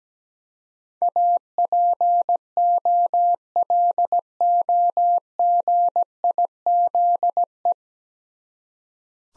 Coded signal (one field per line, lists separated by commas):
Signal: Morse code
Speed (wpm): 17 wpm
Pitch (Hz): 700 Hz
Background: none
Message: APOLOGIZE